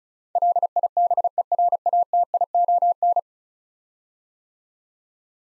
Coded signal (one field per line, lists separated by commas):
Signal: Morse code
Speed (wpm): 36 wpm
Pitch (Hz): 700 Hz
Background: none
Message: LIBERATION